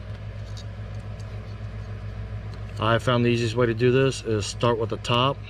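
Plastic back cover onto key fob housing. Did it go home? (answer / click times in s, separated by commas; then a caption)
no / none. The plastic back cover of a 2023 Ram 1500 3-button smart remote key fob is turned around and lined up on the fob housing, ready to be pressed on. A steady low engine-like hum runs throughout, and someone talks from about 2.8 seconds. Nothing has seated or clicked yet.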